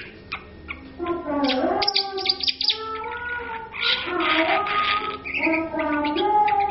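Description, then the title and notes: Oriental magpie-robin song, loud and varied, mixing clear whistles, rapid chirps and scratchy buzzy phrases in quick succession. Featured bird from an Indonesian collection of masteran (tutor) birdsong recordings, described as a champion, very vocal singer. "Kacer Juara Gacor. Kumpulan Suara Burung Masteran Pilihan"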